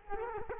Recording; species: mosquito wingbeat signal from an infrared sensor; Culex quinquefasciatus